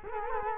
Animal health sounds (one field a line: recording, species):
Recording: mosquito wingbeat signal from an infrared sensor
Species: Culex quinquefasciatus